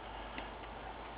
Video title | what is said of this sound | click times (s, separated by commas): Repairing an LG L196WTQ-BF LCD monitor - Part 3 reassembly | It just snaps back into place. | 0.4 s